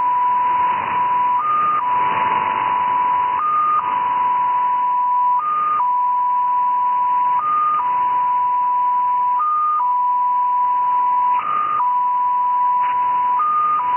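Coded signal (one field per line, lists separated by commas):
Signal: numbers station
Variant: XPA2, 7.5 baud MFSK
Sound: steady single tone near 1 kHz with short higher-pitch steps roughly every two seconds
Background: radio static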